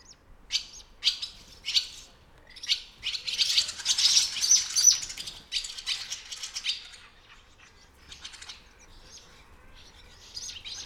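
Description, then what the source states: Swallows twittering, a busy run of high chirps that swells in the middle, then thins out into scattered softer twitters. Recorded 3 March 2007.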